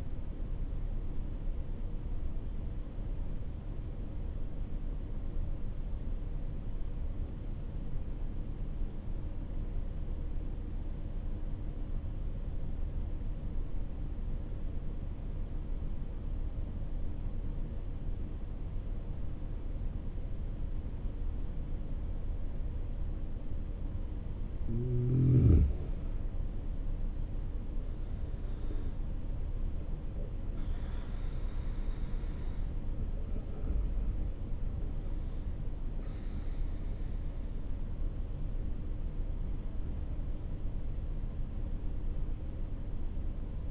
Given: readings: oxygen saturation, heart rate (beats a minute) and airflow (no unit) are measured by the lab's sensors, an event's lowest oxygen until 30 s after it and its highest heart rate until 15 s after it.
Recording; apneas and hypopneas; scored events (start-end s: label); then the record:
breathing in sleep by a smartphone at the bedside; 1
8.00-24.90 s: obstructive apnea (N1, oxygen 96% highest, then 89% lowest)
8.00-38.00 s: new sleep stage, N1 (lightest sleep)
38.00-43.71 s: new sleep stage, N2 (light sleep)
From the record:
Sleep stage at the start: N2 (light sleep); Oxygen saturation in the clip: 89 to 96%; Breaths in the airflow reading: 5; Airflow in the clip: -7.7 to 18.9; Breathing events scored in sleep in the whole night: 304 in 5.6 hours asleep